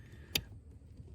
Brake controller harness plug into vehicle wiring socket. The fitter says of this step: we plug in as well you must hear a crispy click must hear